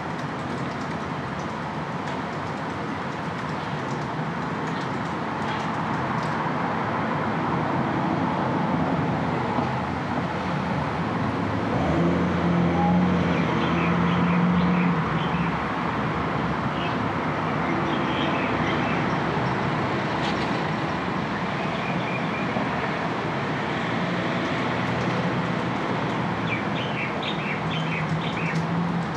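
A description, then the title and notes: Sounds from the front yard fill a front room: a steady, dense rush of passing traffic with a low engine drone that swells between about 12 and 17 seconds. Short high chirps, likely birds, flicker near 14 seconds and again near the end. Her front room accompanied by the sounds of her front yard.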